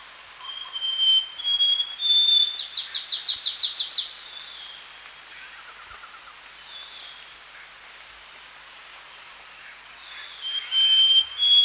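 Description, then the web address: Scaly-crowned Babbler calling with clear high whistles, then a fast run of short notes, a pause, and more whistles, over a steady high hum. Recorded at Danum, Borneo, on 1 January 2008. "DANUM 20080101. scaly-crowned babbler"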